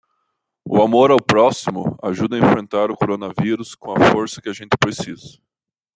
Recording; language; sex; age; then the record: spoken sentence; Brazilian Portuguese; male; 20 to 29 years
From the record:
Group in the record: control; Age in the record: 29 years